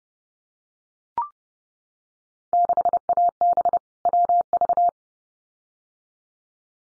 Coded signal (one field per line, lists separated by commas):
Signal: Morse code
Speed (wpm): 30 wpm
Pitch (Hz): 700 Hz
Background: none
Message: 6AB WV